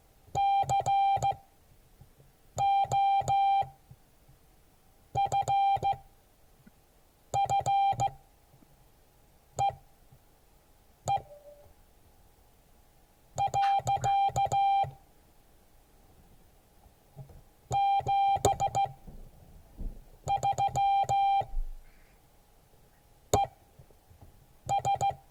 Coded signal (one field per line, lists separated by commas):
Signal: Morse code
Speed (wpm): 15 wpm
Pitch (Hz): 790 Hz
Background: none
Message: COFFEE . 73 ES